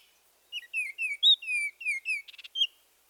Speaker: Let's listen to four oriole songs given by different individuals.